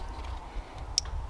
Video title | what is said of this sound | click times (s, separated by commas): #1 MOST COMMON CAUSE FOR THE 2009-2014 FORD F150 CRANK NO START | there it went barely faint but it did click in | 1.0 s